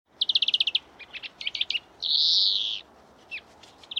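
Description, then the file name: European greenfinch twittering: a fast run of about eight bright chips, scattered trilled notes, then one long, buzzy, nasal wheeze lasting nearly a second, followed by more chirps. "Chloris chloris"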